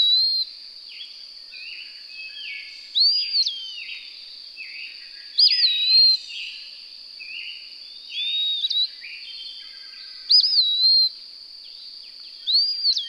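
Bird song of rising and falling whistled phrases, several spaced a few seconds apart, with faint twittering between them and a constant high hiss.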